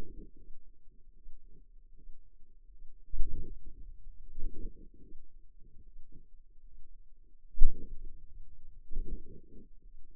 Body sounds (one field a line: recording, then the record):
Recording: forearm muscle sounds (acoustic myography)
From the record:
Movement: hand opening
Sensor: system 2, bracelet of six BSWA MPA416 microphones around the upper forearm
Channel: 2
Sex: female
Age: 23 years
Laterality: right